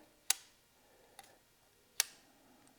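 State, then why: Seated. The blade-lock button in a folding utility knife handle is pressed so it snaps into its locked position, fully engaged each time. Two sharp, solid clicks sound at 0.3 s and 2.0 s, with fainter ticks in between and after. The lock is seated.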